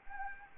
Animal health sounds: mosquito wingbeat signal from an infrared sensor; Anopheles arabiensis

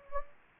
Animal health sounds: mosquito wingbeat signal from an infrared sensor; Anopheles gambiae

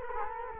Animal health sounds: mosquito wingbeat signal from an infrared sensor; Culex quinquefasciatus

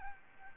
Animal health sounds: mosquito wingbeat signal from an infrared sensor; Aedes albopictus

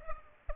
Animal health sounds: mosquito wingbeat signal from an infrared sensor; Culex pipiens

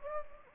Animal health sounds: mosquito wingbeat signal from an infrared sensor; Anopheles gambiae

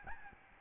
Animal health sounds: mosquito wingbeat signal from an infrared sensor; Aedes albopictus

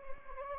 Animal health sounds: mosquito wingbeat signal from an infrared sensor; Anopheles gambiae

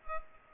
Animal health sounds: mosquito wingbeat signal from an infrared sensor; Culex pipiens

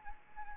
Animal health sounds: mosquito wingbeat signal from an infrared sensor; Anopheles arabiensis

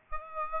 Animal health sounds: mosquito wingbeat signal from an infrared sensor; Aedes aegypti

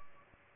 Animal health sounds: mosquito wingbeat signal from an infrared sensor; Aedes albopictus

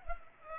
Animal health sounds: mosquito wingbeat signal from an infrared sensor; Culex pipiens

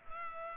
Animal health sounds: mosquito wingbeat signal from an infrared sensor; Culex pipiens

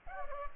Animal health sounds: mosquito wingbeat signal from an infrared sensor; Culex pipiens

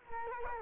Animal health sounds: mosquito wingbeat signal from an infrared sensor; Culex quinquefasciatus

